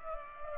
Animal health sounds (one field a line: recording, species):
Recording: mosquito wingbeat signal from an infrared sensor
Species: Culex pipiens